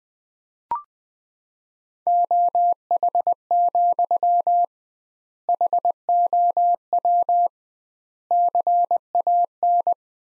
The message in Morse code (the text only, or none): OH, HOW CAN